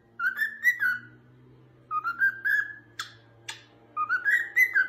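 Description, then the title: Cockatiel whistles: smooth rising and falling whistled notes in three phrases, with two sharp clicks in between and a steady low hum underneath. "Calopsitas Cantando Assobio"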